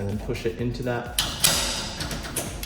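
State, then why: Seated. Someone talks while the release cord of a garage door opener is pulled down and forward and the opener trolley is pushed back onto the drive carriage on the rail, during replacement of the garage door's top panel. A sharp click at 2.4 s marks the trolley latching in, seated.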